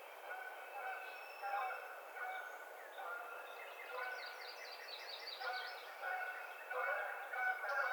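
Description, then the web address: Canada goose honking, many nasal honks from several birds overlapping irregularly over a steady noisy background. Recorded 30 April 2009. "Canada Goose 2009 04 30 Canada Goose"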